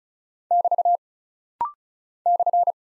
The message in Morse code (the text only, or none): <BT> /